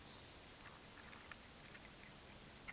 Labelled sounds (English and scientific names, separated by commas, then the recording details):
Eurasian Woodcock (Scolopax rusticola) whistle
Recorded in Baden-Württemberg, Germany, on 11 June 2021 at 20:04 UTC
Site 24606, 635 m above sea level